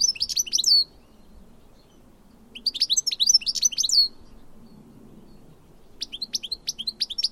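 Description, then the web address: Bird gives high, twittering phrases in three separate bursts, with quiet pauses between them. "Deverinetal"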